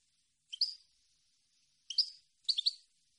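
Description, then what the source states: European goldfinch uttering three short twittering bursts separated by pauses, each a bright tinkling chirp cluster, in a quiet background. Clean goldfinch song on CD, for birds to copy as song training.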